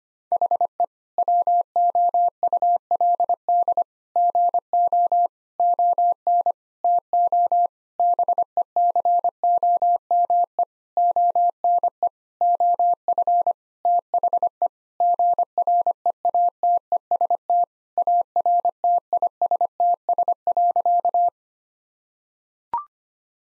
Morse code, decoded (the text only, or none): HE WOULD GO ON TO BECOME ONE OF THE GREATEST ARTISTS.